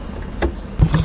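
An LED indicator bulb holder is being fitted into the front indicator lamp housing of a Tata Altroz, with short rubbing and handling noises and a brief scrape at about 0.4 s, then louder bumps near the end. Nothing has seated or clicked yet.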